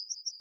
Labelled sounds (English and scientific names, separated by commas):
Yellowhammer (Emberiza citrinella) song